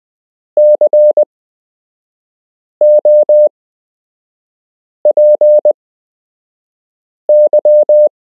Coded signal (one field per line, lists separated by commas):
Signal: Morse code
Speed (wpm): 20 wpm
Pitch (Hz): 600 Hz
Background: none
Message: COPY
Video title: You can learn Morse code - Part 5